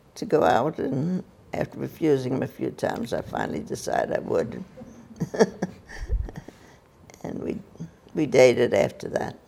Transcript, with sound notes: -- to go out. And after refusing a few times, I finally decided I would. (laughs) And we - we dated after that.